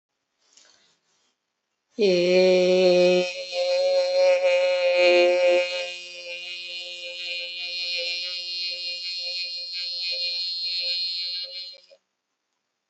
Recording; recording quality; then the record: sustained vowel as in made; excellent, no background noise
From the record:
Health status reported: healthy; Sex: female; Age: 41 years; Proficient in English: yes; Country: India